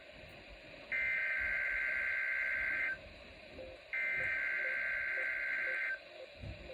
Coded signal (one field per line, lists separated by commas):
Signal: Emergency Alert System (SAME) tones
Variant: header bursts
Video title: EAS 32: NWS RWT